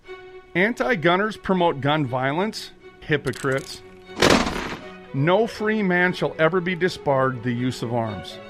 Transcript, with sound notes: Anti-gunners promote gun violence? Hypocrites. (Gunshot) "No free man shall ever be disbarred the use of arms."